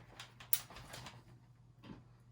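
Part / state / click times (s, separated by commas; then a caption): LED light bar into the fixture frame / seated / 0.5 s. An LED grow-light bar from an Emerald Hammer EH500 kit is pushed all the way down into its slot in the fixture frame, with soft scraping and rustling before and after. A sharp click at 0.5 s marks the bar seating in the frame, over a low steady hum.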